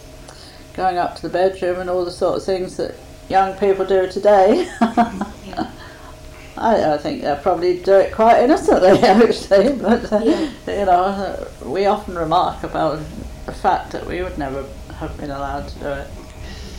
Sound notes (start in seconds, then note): 3.6 laughs; 7.8 laughs